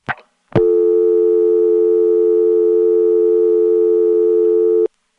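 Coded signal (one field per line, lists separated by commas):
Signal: telephone call progress tone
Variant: North America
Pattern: dial tone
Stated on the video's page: Senderized XY step switching office in Lexington, SC.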